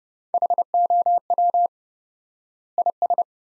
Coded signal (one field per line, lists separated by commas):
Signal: Morse code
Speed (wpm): 32 wpm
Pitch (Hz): 700 Hz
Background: none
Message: HOW IS